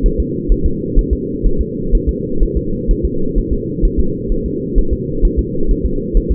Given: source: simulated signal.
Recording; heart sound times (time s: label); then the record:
fetal heart sounds
0.06 s: S1
0.20 s: S2
0.52 s: S1
0.66 s: S2
0.99 s: S1
1.13 s: S2
1.46 s: S1
1.61 s: S2
1.95 s: S1
2.09 s: S2
2.43 s: S1
2.57 s: S2
2.91 s: S1
3.05 s: S2
3.38 s: S1
3.53 s: S2
3.85 s: S1
4.00 s: S2
4.32 s: S1
4.46 s: S2
4.78 s: S1
4.93 s: S2
5.25 s: S1
5.39 s: S2
5.71 s: S1
5.86 s: S2
6.17 s: S1
6.31 s: S2
From the record:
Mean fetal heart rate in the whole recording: 130 bpm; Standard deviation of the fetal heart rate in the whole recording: 4 bpm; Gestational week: 38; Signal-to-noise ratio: -8.1 dB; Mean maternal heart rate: 72 bpm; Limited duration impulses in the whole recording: absent